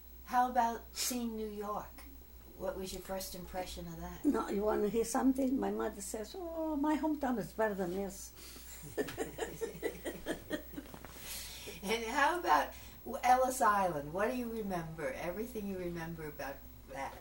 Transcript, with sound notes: How about seeing New York, what was your first impression of that?
You want to hear something, my mother says, "Oh, my hometown is better than this." (laughs)
And how about Ellis Island, what do you remember, everything you remember about that.